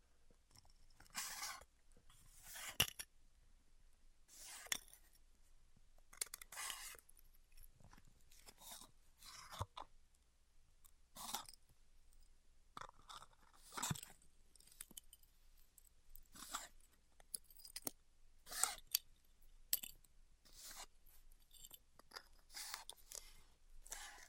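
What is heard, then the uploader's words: Styrofoam being heat cut in short crunchy, crackling bursts, roughly one to two per second, separated by near-silent gaps. ASMR Styrofoam Heat Cutting (No Talking).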